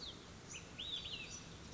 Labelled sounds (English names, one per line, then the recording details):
Olive-sided Flycatcher
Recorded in Sonoma County, California